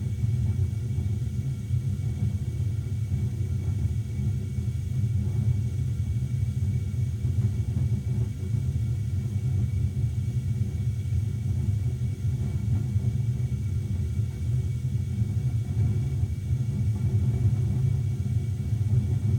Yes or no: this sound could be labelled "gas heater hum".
yes